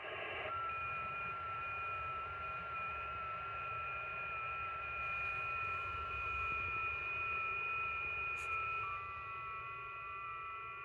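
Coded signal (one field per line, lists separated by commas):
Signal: FT8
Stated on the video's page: FT8 via QO-100 satellite from a mobile car station: 80cm dish on azimuth rotor, transverter, ICOM IC-9700 and laptop; includes a very weak signal.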